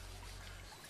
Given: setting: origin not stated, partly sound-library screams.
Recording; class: one-second piece from a danger detection set; normal situation